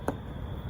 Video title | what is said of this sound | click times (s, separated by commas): 2003 Jeep Liberty Front Turn Signal Replacement - For 2002-2007 Models - Quick and Easy | right we'll just push it in and then turn it so it locks in place | 0.1 s